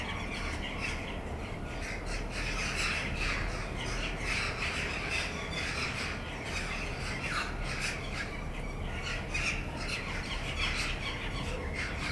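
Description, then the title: Jackdaws calling in a busy flock, short harsh chak notes overlapping continuously, over a steady low rumble. Several jackdaws recorded in a backyard on 20 December 2010. "ｐａｔｚｒ ｒａｄｉｏ ｔｗｏ ｈｕｎｄｒｅｄ ａｎｄ ｅｉｇｈｔ－ｂ - untitled [backyard, jackdaws ]"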